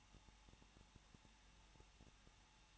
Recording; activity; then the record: daily activity, microphone in the room; no activity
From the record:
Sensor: 1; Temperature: 20.1 degrees Celsius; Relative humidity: 39.2%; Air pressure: 1006.3 hPa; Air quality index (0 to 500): 218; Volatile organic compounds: 78 ppm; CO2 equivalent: 3588 ppm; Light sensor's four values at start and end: 1/2/1/1 and 1/2/1/1